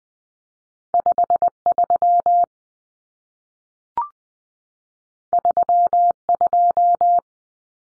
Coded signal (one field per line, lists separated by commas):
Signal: Morse code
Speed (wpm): 20 wpm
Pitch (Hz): 700 Hz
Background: none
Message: 53 32